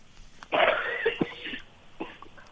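An adult woman coughs over a telephone line, with one loud, harsh, prolonged burst followed by two or three smaller coughs. The sound is muffled and narrow, as phone audio is. It is a plain, somewhat wet-sounding cough with no clear wheeze. She has been unwell since rains that began in April and continue, and is taking medicine that she feels has stopped working well.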